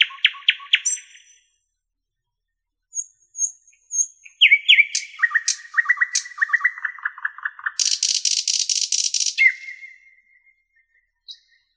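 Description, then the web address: Nightingale song of clipped repeated notes, a pause, then high short notes, a lower rattling series, and a loud buzzy trill ending in a slurred whistle. "spiew ptakow piesn slowika"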